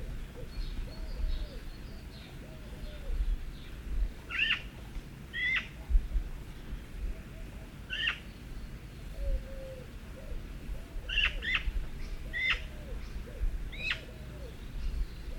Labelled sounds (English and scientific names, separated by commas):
Eurasian Magpie (Pica pica) call